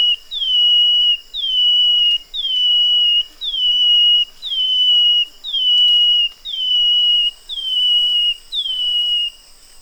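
Brown-headed greenlet calling: a steady series of high whistled notes, each with a brief upward flick then a level, slightly falling tone, about one per second, nine in all.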